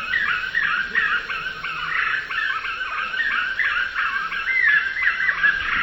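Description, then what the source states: Black-fronted nunbirds calling together, overlapping runs of clear whistled notes repeated rhythmically, with one higher rising note near the end. Eastern lowlands of South America.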